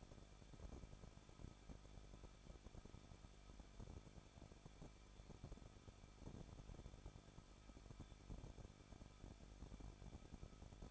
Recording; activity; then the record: daily activity, microphone in the room; no activity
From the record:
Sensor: 5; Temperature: 20.9 degrees Celsius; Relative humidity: 38.2%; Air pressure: 1006.4 hPa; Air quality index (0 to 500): 189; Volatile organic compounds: 19 ppm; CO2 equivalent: 2663 ppm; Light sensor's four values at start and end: 2/3/1/1 and 2/3/1/1